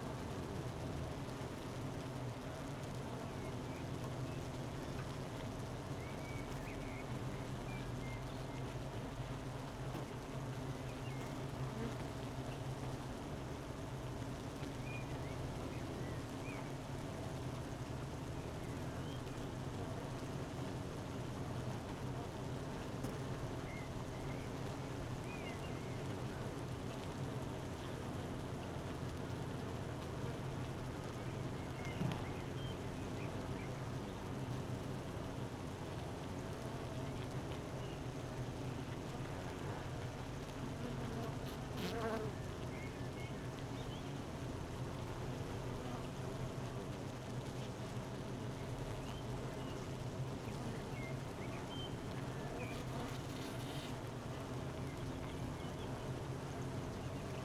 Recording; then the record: honeybee colony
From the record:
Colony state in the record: missing queen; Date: 31 May 2018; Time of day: 12:03